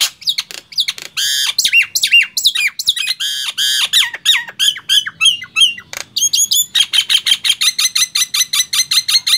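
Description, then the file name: Nias hill myna song of loud metallic squawks and bell-like whistles, ending in a fast, steady series of repeated ringing notes. "suara jalak nias"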